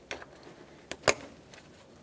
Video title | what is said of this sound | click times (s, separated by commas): How to Replace Throttle Body Assembly 2012-2018 Nissan Altima (2.5L) | listen for a nice click from that | 1.1 s